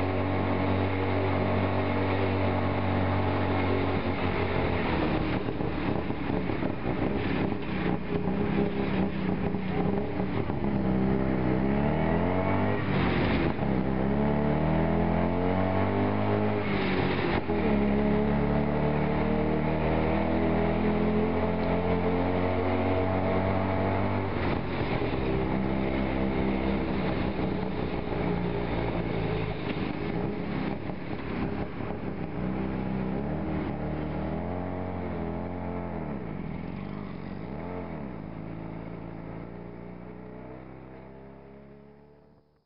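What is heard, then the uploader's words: A tuk-tuk ride through heavy morning rush-hour traffic, the small engine droning loud throughout with pitch rising and falling as it speeds up and slows. Brief bursts of revving come around 13 and 17 seconds, and the sound fades out at the end. Riding a tuk-tuk through heavy traffic during morning rush hour in Bangkok, Thailand. Bangkok morning rush hour.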